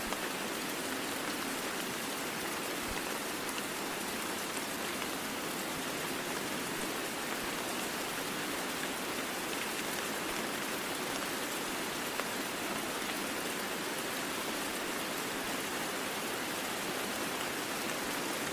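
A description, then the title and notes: Steady, dense rain falls in the woods, a constant bright hiss with fine pattering drops and almost no low rumble throughout. Rain Sounds In The Woods White Noise.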